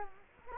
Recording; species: mosquito wingbeat signal from an infrared sensor; Culex quinquefasciatus